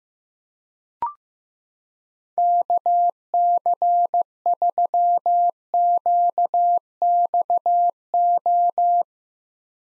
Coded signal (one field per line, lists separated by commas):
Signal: Morse code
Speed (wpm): 15 wpm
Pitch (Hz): 700 Hz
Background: none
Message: KC3QXO